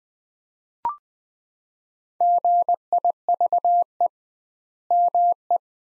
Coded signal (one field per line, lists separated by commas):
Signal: Morse code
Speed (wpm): 20 wpm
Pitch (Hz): 700 Hz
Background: none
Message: GIVE ME